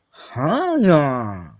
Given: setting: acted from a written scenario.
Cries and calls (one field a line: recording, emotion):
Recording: vocal sound without words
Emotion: realization